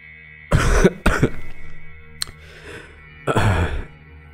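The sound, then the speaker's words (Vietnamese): An old man's heavy coughing fit after a loud laugh: two harsh, loud coughs in quick succession, a short raspy wheezing lull, then another deep, forceful cough. “Ông Lâm cười một tiếng thật lớn rồi lại ho sù sụ. Cơn ho dai dẳng phải mất một lúc thì ông mới bình tĩnh mà trả lời.”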